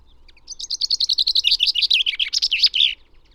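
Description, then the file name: Common chaffinch song: a single, clear, accelerating series of notes falling in pitch, finishing with an emphatic terminal flourish. "Fringilla coelebs"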